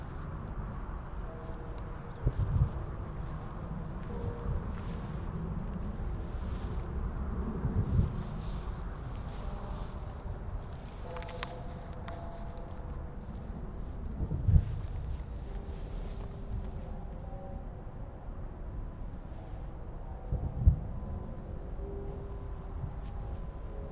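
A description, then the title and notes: Temple bell strikes land roughly every six seconds, each leaving a soft, lingering hum that slowly fades. Beneath them runs a steady low outdoor rumble with wind buffeting the microphone. This field recording was made in a riverside park in Moriyama City, Shiga Prefecture, Japan.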